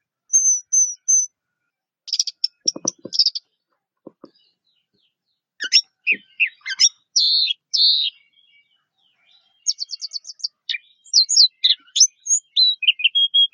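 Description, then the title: Orange-headed thrush song: varied high phrases of sharp chirps, trills and buzzy notes in bursts, with brief low clicking sounds early on and short pauses between phrases. "Anis Merah"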